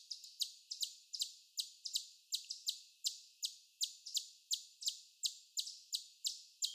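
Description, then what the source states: Chipmunk chips: crisp high notes repeated many times, two or three a second, over faint background hiss. Chorus of chipmunk chip calls.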